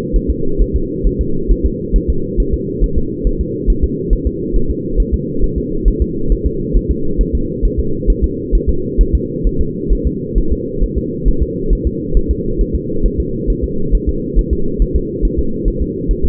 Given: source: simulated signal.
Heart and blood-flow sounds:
fetal heart sounds
0.16 s: S1
0.30 s: S2
0.62 s: S1
0.76 s: S2
1.07 s: S1
1.21 s: S2
1.52 s: S1
1.66 s: S2
1.96 s: S1
2.10 s: S2
2.40 s: S1
2.54 s: S2
2.84 s: S1
2.98 s: S2
3.27 s: S1
3.41 s: S2
3.70 s: S1
3.84 s: S2
4.13 s: S1
4.27 s: S2
4.56 s: S1
4.71 s: S2
5.00 s: S1
5.14 s: S2
5.44 s: S1
5.58 s: S2
5.88 s: S1
6.02 s: S2
6.32 s: S1
6.46 s: S2
6.76 s: S1
6.91 s: S2
7.21 s: S1
7.35 s: S2
7.65 s: S1
7.79 s: S2
8.10 s: S1
8.24 s: S2
8.55 s: S1
8.69 s: S2
9.01 s: S1
9.15 s: S2
9.47 s: S1
9.61 s: S2
9.93 s: S1
10.07 s: S2
10.38 s: S1
10.52 s: S2
10.84 s: S1
10.98 s: S2
11.28 s: S1
11.42 s: S2
11.73 s: S1
11.87 s: S2
12.17 s: S1
12.31 s: S2
12.61 s: S1
12.75 s: S2
13.06 s: S1
13.20 s: S2
13.50 s: S1
13.64 s: S2
13.95 s: S1
14.09 s: S2
14.39 s: S1
14.53 s: S2
14.82 s: S1
14.96 s: S2
15.25 s: S1
15.39 s: S2
15.68 s: S1
15.82 s: S2
16.11 s: S1
16.25 s: S2
From the record:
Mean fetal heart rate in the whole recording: 135 bpm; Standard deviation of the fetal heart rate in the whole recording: 3 bpm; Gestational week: 36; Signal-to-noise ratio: -8.1 dB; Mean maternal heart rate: 72 bpm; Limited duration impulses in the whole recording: absent

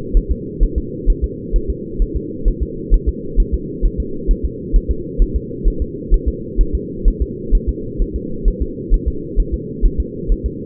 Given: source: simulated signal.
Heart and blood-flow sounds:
fetal heart sounds
0.17 s: S1
0.31 s: S2
0.63 s: S1
0.78 s: S2
1.10 s: S1
1.24 s: S2
1.56 s: S1
1.70 s: S2
2.02 s: S1
2.16 s: S2
2.48 s: S1
2.62 s: S2
2.94 s: S1
3.09 s: S2
3.40 s: S1
3.54 s: S2
3.85 s: S1
4.00 s: S2
4.31 s: S1
4.45 s: S2
4.76 s: S1
4.91 s: S2
5.22 s: S1
5.36 s: S2
5.68 s: S1
5.82 s: S2
6.14 s: S1
6.28 s: S2
6.61 s: S1
6.75 s: S2
7.08 s: S1
7.22 s: S2
7.55 s: S1
7.69 s: S2
8.02 s: S1
8.16 s: S2
8.48 s: S1
8.62 s: S2
8.94 s: S1
9.08 s: S2
9.40 s: S1
9.54 s: S2
9.86 s: S1
10.00 s: S2
10.32 s: S1
10.46 s: S2
From the record:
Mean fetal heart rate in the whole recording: 130 bpm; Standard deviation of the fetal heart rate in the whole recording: 2 bpm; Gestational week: 38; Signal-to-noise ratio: -4.3 dB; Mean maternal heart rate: 72 bpm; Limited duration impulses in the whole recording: absent

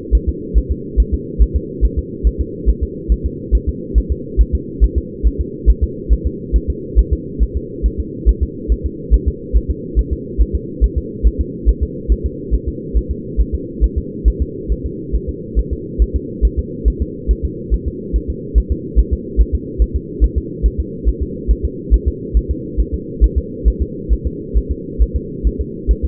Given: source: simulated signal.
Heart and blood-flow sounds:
fetal heart sounds
0.15 s: S1
0.29 s: S2
0.58 s: S1
0.72 s: S2
1.00 s: S1
1.14 s: S2
1.42 s: S1
1.56 s: S2
1.85 s: S1
1.99 s: S2
2.27 s: S1
2.41 s: S2
2.69 s: S1
2.83 s: S2
3.12 s: S1
3.26 s: S2
3.55 s: S1
3.69 s: S2
3.98 s: S1
4.12 s: S2
4.41 s: S1
4.55 s: S2
4.84 s: S1
4.98 s: S2
5.27 s: S1
5.41 s: S2
5.70 s: S1
5.84 s: S2
6.13 s: S1
6.27 s: S2
6.56 s: S1
6.70 s: S2
6.99 s: S1
7.13 s: S2
7.43 s: S1
7.57 s: S2
7.86 s: S1
8.00 s: S2
8.29 s: S1
8.43 s: S2
8.72 s: S1
8.86 s: S2
9.14 s: S1
9.28 s: S2
9.57 s: S1
9.71 s: S2
9.99 s: S1
10.13 s: S2
10.41 s: S1
10.55 s: S2
10.84 s: S1
10.98 s: S2
11.27 s: S1
11.41 s: S2
11.69 s: S1
11.83 s: S2
12.12 s: S1
12.26 s: S2
12.55 s: S1
12.68 s: S2
12.97 s: S1
13.11 s: S2
13.41 s: S1
13.55 s: S2
13.84 s: S1
13.98 s: S2
14.28 s: S1
14.42 s: S2
14.72 s: S1
14.86 s: S2
15.15 s: S1
15.29 s: S2
15.59 s: S1
15.73 s: S2
16.02 s: S1
16.16 s: S2
16.45 s: S1
16.59 s: S2
16.88 s: S1
17.02 s: S2
17.31 s: S1
17.45 s: S2
17.74 s: S1
17.88 s: S2
18.16 s: S1
18.30 s: S2
18.58 s: S1
18.72 s: S2
18.99 s: S1
19.13 s: S2
19.41 s: S1
19.55 s: S2
19.82 s: S1
19.96 s: S2
20.24 s: S1
20.38 s: S2
20.66 s: S1
20.80 s: S2
21.09 s: S1
21.23 s: S2
21.51 s: S1
21.65 s: S2
21.94 s: S1
22.08 s: S2
22.37 s: S1
22.51 s: S2
22.80 s: S1
22.94 s: S2
23.24 s: S1
23.38 s: S2
23.68 s: S1
23.82 s: S2
24.13 s: S1
24.27 s: S2
24.58 s: S1
24.72 s: S2
25.02 s: S1
25.16 s: S2
25.47 s: S1
25.61 s: S2
25.91 s: S1
26.05 s: S2
From the record:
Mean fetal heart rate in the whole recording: 140 bpm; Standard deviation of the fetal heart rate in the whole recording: 2 bpm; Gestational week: 34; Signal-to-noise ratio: -4.1 dB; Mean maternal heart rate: no maternal heart sound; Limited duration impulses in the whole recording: absent

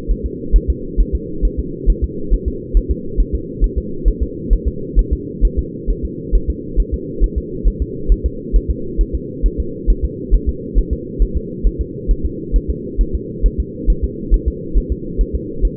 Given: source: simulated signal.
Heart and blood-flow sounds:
fetal heart sounds
0.11 s: S1
0.26 s: S2
0.56 s: S1
0.70 s: S2
1.00 s: S1
1.15 s: S2
1.45 s: S1
1.59 s: S2
1.90 s: S1
2.04 s: S2
2.34 s: S1
2.48 s: S2
2.77 s: S1
2.91 s: S2
3.20 s: S1
3.35 s: S2
3.64 s: S1
3.78 s: S2
4.08 s: S1
4.23 s: S2
4.53 s: S1
4.68 s: S2
4.99 s: S1
5.13 s: S2
5.45 s: S1
5.59 s: S2
5.90 s: S1
6.05 s: S2
6.35 s: S1
6.50 s: S2
6.80 s: S1
6.94 s: S2
7.24 s: S1
7.38 s: S2
7.68 s: S1
7.82 s: S2
8.12 s: S1
8.26 s: S2
8.56 s: S1
8.70 s: S2
9.01 s: S1
9.15 s: S2
9.46 s: S1
9.60 s: S2
9.90 s: S1
10.05 s: S2
10.34 s: S1
10.49 s: S2
10.78 s: S1
10.93 s: S2
11.22 s: S1
11.37 s: S2
11.67 s: S1
11.81 s: S2
12.11 s: S1
12.25 s: S2
12.56 s: S1
12.70 s: S2
13.01 s: S1
13.15 s: S2
13.46 s: S1
13.60 s: S2
13.90 s: S1
14.04 s: S2
14.34 s: S1
14.48 s: S2
14.77 s: S1
14.92 s: S2
15.21 s: S1
15.35 s: S2
15.65 s: S1
From the record:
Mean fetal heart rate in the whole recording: 135 bpm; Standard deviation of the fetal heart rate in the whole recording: 3 bpm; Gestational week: 36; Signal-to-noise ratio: -4.3 dB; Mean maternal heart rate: 72 bpm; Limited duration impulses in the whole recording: absent

